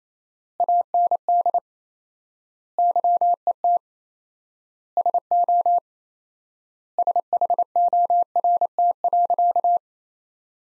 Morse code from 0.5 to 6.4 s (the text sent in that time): AND YET SO